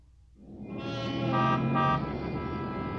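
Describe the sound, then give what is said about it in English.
A car horn sounds in one long, buzzy, steady honk that swells louder in the middle and holds to the end, over a low rumble of street noise. “Is this a car? Yes, it is.”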